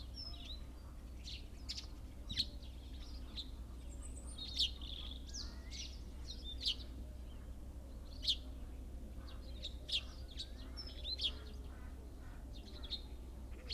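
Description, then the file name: Great tit calls: short, sharp, high notes repeated irregularly every second or two, over a low steady hum. "Parus major"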